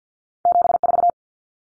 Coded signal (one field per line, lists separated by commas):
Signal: Morse code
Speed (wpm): 50 wpm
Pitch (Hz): 700 Hz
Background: none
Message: 74